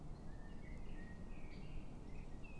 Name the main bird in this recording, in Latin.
Turdus merula